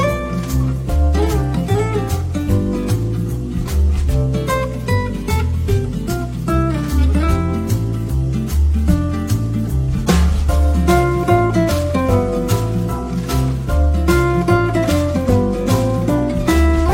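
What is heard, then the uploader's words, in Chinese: Café background music plays full, with a deep, steady bass line and sustained melodic notes over a regular beat of crisp percussion hits. The level stays loud and even throughout, with fuller, brighter passages around the tenth second onward. 西西弗咖啡馆听着美妙的背景音乐。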